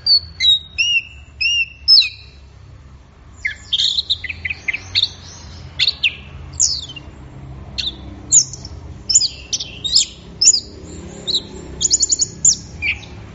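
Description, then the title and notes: Orange-headed thrush in continuous song, mixing clear whistled motifs, buzzy trills and quick chirps, phrases spaced by short gaps over quiet low hum. Bird in full 'gacor' song, 'teler' style, recorded for training songbirds. "Anis Merah Gacor Teler. Suara Burung Anis"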